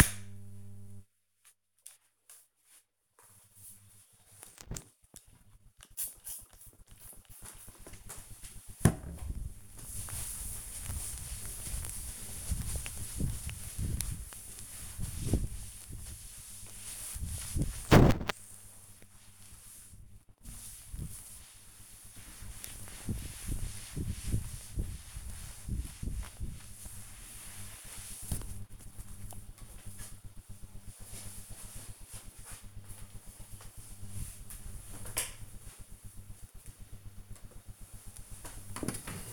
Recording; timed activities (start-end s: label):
household activities, microphone on the right wrist
5.37-29.58 s: cleaning table
36.63-39.33 s: putting away the dishes